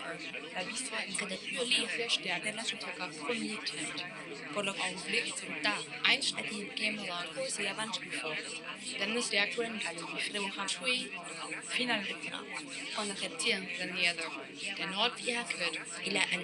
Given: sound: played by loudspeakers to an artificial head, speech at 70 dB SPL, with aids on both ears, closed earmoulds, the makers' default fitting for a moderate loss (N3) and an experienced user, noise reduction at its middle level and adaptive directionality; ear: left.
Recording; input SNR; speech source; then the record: speech test signal (ISTS) in cocktail-party noise; -6 dB; in front (0 degrees)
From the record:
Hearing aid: class 2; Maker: I